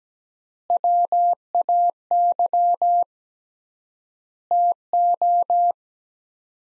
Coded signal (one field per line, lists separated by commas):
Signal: Morse code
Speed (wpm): 17 wpm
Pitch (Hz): 700 Hz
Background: none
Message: WAY TO